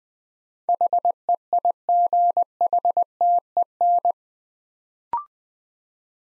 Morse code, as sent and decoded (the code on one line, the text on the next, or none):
.... . .. --. .... - . -.
HEIGHTEN